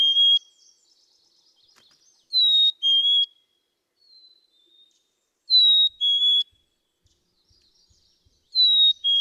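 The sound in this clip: Black-capped chickadee whistled song, a clear two-note fee-bee with the second note lower, repeated about every three seconds.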